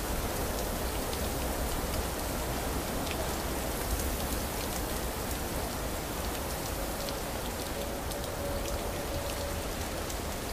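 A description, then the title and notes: Steady, dense rain patters evenly throughout the night, with sharp drops tapping and a low rumbling hum underneath. Thunder during the Night with rain - Bruges, Belgium.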